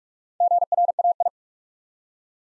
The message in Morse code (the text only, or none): GRAI